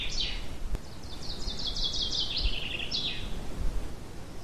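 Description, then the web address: A bird sings quick high trilled phrases, a long chattering run slowly falling in pitch, then a brief separate burst, with low rumbling noise underneath. Pine forest at Ardenno. "ardenno uccelli pineta"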